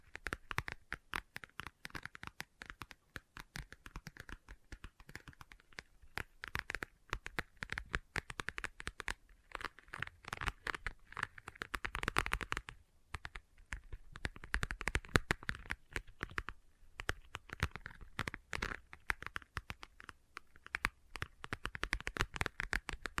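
Leather being tapped and scratched in a dense, irregular stream of short dry clicks and scuffs running through the whole stretch. Some moments bunch into quicker rustling flurries, especially around the middle, while quieter gaps come and go between bursts.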